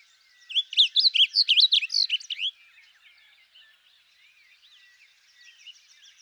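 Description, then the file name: Blue grosbeak delivers a fast, bright warble of about two seconds, followed by soft bird chatter. "Blue Grosbeak Passerina caerulea"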